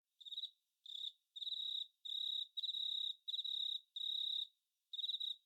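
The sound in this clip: Cricket giving a series of eight high, buzzy pulsed chirps separated by short silences.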